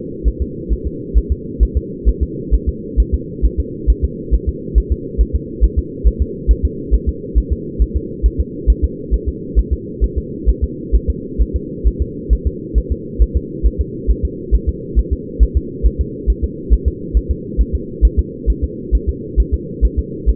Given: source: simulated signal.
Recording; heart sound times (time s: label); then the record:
fetal heart sounds
0.28 s: S1
0.42 s: S2
0.73 s: S1
0.87 s: S2
1.18 s: S1
1.32 s: S2
1.63 s: S1
1.77 s: S2
2.09 s: S1
2.23 s: S2
2.54 s: S1
2.69 s: S2
3.00 s: S1
3.14 s: S2
3.45 s: S1
3.60 s: S2
3.90 s: S1
4.04 s: S2
4.34 s: S1
4.49 s: S2
4.78 s: S1
4.92 s: S2
5.21 s: S1
5.35 s: S2
5.64 s: S1
5.79 s: S2
6.07 s: S1
6.22 s: S2
6.51 s: S1
6.65 s: S2
6.94 s: S1
7.09 s: S2
7.38 s: S1
7.52 s: S2
7.82 s: S1
7.96 s: S2
8.26 s: S1
8.40 s: S2
8.70 s: S1
8.84 s: S2
9.14 s: S1
9.28 s: S2
9.59 s: S1
9.73 s: S2
10.04 s: S1
10.18 s: S2
10.49 s: S1
10.64 s: S2
10.95 s: S1
11.10 s: S2
11.42 s: S1
11.56 s: S2
11.88 s: S1
12.02 s: S2
12.33 s: S1
12.47 s: S2
12.78 s: S1
12.92 s: S2
13.22 s: S1
13.36 s: S2
13.66 s: S1
13.81 s: S2
14.11 s: S1
14.25 s: S2
14.55 s: S1
14.69 s: S2
14.99 s: S1
15.13 s: S2
15.43 s: S1
15.57 s: S2
15.86 s: S1
16.01 s: S2
16.30 s: S1
16.44 s: S2
16.73 s: S1
16.88 s: S2
17.17 s: S1
17.31 s: S2
17.61 s: S1
17.75 s: S2
18.05 s: S1
18.19 s: S2
18.50 s: S1
18.64 s: S2
18.95 s: S1
19.09 s: S2
19.40 s: S1
19.54 s: S2
19.85 s: S1
19.99 s: S2
20.29 s: S1
From the record:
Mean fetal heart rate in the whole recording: 135 bpm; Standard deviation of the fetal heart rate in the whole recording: 3 bpm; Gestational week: 34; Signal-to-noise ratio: -4.1 dB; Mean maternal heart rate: no maternal heart sound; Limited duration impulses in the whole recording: absent